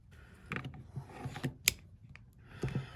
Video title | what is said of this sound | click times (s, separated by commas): Baofeng UV-5r battery won’t stay keeps coming / falling out clip repair fix | All right, and now it locks in there. | 1.7 s